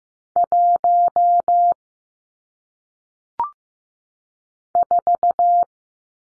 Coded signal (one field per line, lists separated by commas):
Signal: Morse code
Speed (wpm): 15 wpm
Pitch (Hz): 700 Hz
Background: none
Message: 1 4